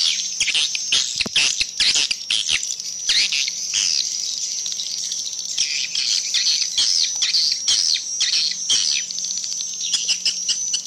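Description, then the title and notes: Swiftlet twittering, repeated high chirps over a constant shrill chatter, with a soft low hum underneath. Swiftlet sound used in swiftlet farming in Asia. "Swiflet Bird Sound. Farming Swiflet Bird asia sound"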